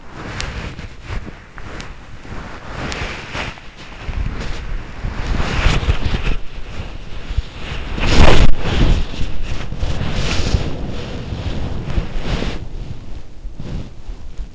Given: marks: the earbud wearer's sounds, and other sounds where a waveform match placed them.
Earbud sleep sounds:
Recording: sounds in sleep by an in-ear microphone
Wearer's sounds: body movement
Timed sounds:
0.00-9.58 s: body movement
9.59-14.55 s: body movement

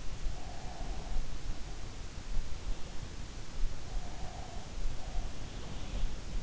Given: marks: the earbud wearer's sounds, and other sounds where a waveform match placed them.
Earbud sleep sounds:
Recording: sounds in sleep by an in-ear microphone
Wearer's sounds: breath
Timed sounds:
0.44-2.38 s: breath
3.87-5.74 s: breath

